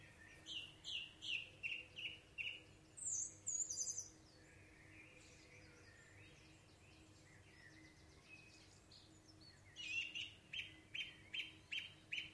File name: songthrush